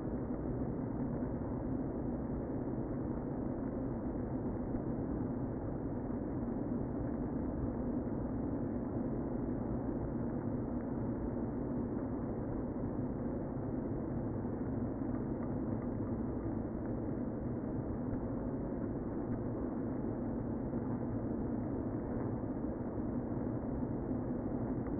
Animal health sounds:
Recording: honeybee colony, microphone inside the hive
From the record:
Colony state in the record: queen present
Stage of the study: before two queens were removed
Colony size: about 60,000 bees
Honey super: yes

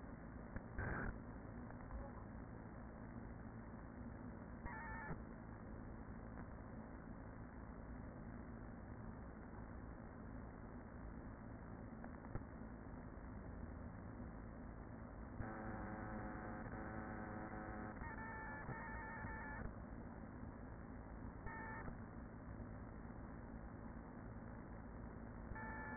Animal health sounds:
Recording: honeybee colony, microphone inside the hive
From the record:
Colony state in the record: queen present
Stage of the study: after two queens were removed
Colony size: about 40,000 bees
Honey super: no

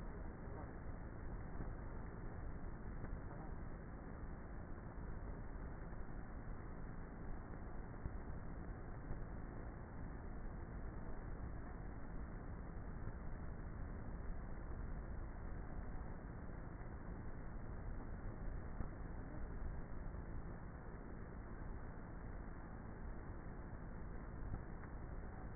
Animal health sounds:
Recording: honeybee colony, microphone inside the hive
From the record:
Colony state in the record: queenless with a low population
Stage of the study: before two queens were removed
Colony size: about 30,000 bees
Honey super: no

